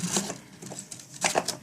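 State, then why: Not seated. The detachable plastic hose of a 1996 Hoover Turbopower Plus Total System UB088 upright vacuum cleaner is being refitted and pushed toward its little clicky retaining bracket, a part added to later models because the hose kept pulling out. Soft rubbing, rattling handling sounds build to a few sharper knocks near the end. Nothing has seated or clicked yet.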